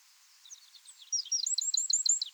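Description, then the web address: Eurasian wren with a short burst of high, quick twittering trills that grow louder toward the end. "SETE Troglodytes troglodytes"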